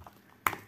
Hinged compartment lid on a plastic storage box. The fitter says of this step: on entend le petit clic comme quoi ça se ferme voilà c'est